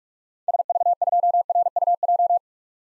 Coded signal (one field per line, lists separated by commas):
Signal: Morse code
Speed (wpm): 46 wpm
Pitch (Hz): 700 Hz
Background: none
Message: SV2RUJ